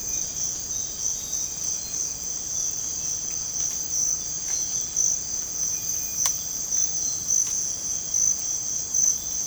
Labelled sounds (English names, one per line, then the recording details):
none
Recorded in dense forest near Puerto Asís, Putumayo, Colombia, on 21 December 2024 at 05:00
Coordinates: 0.481, -76.323
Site G100